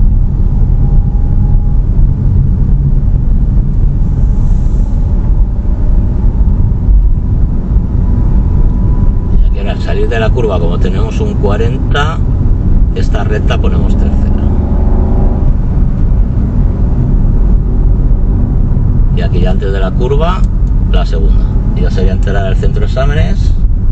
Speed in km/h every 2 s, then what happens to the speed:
27, 28, 28, 32, 33, 33, 34, 39, 36, 39, 35, 31.
0-11 steady at about 28. 11-14 speeds up to 39. 14-19 steady at about 39. 19-24 slows to 31.